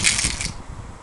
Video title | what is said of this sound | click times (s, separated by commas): AK47 BB Gun Review | it does lock into place at the bottom there. I didn't realise. | 0.4 s